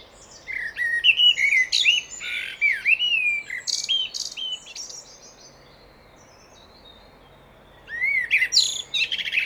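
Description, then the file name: Common blackbird song, a string of slurred fluty notes and high squeaks for about four seconds, silence, then a short twittering burst. "Turdus merula"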